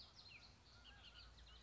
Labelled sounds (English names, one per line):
Bullock's Oriole